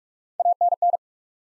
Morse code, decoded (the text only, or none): ANN